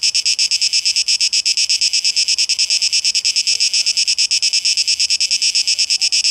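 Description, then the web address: Cicadas giving a loud rasping buzz, pulsing rapidly. 12 August 2023; tape echo mix. "Audio 2023-08-12 Zikaden"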